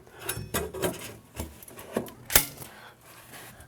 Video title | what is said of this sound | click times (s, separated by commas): Noritz Tankless Basic Installation Part 1 | the product then do you hear a snap and then you know it's secure and we'll do that now just | 2.4 s